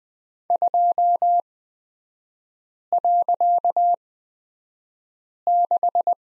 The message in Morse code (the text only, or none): 2.6